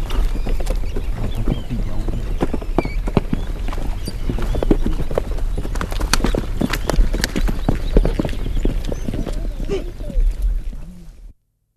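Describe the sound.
Capybara clicking: a dense run of sharp, dry clicks and low grunting pulses that continues steadily for about eleven seconds, then stops abruptly.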